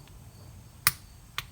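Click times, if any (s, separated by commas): 0.9 s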